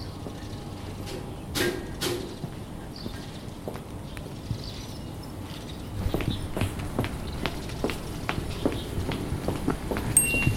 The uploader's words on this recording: Beijing (Field Recording) by Yannick Heeren.